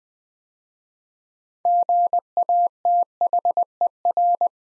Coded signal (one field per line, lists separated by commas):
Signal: Morse code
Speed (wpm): 20 wpm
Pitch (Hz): 700 Hz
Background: none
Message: GATHER